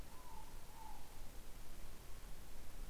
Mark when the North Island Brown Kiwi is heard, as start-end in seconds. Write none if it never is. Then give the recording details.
none. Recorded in New Zealand on 25 November 2015. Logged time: 01:28. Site CH66